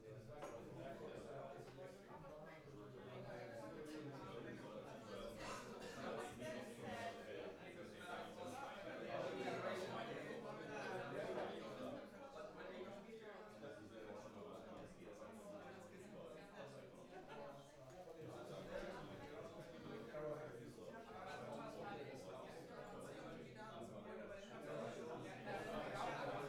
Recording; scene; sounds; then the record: everyday scene through a hearing-aid microphone; many people talking; many voices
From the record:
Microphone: behind the ear, left, front